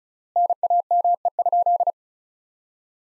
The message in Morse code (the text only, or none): NAME?